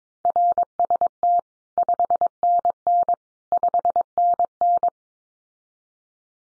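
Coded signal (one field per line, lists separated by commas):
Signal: Morse code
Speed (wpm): 22 wpm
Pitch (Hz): 700 Hz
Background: none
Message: RST 5NN 5NN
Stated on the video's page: Morse practice at 22 wpm: common QSO phrases, sent, spoken, then sent again, for head-copy training.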